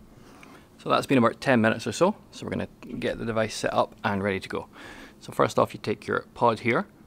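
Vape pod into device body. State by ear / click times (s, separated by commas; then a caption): not seated / none. A man talks while handling a refillable plastic pod for a Nord 2 Menthol vape starter kit, about to push it into the vape device body. Nothing has seated or clicked yet; the clip ends just before the pod goes home.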